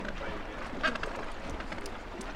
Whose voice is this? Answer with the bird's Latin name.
Pygoscelis papua